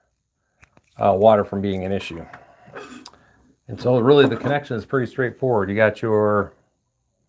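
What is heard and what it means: An RJ45 ethernet plug is handled near the weatherproof, gasketed connector of a PoE security camera cable, with two faint ticks around 0.6 and 0.8 s before someone talks through the rest of the clip. Nothing has seated or clicked yet; the plug has not gone home when the clip ends.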